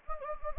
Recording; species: mosquito wingbeat signal from an infrared sensor; Anopheles gambiae